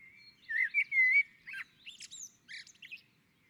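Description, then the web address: Common blackbird song: one mellow, slightly wavering whistled phrase that breaks into a run of high, chattering twitter notes. On a roof. "Naturinspelningar Koltrast på taket"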